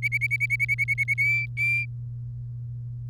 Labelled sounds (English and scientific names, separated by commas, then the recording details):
Domestic Canary (Serinus canaria) song
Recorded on 3 May 2018 at 09:55
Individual llb3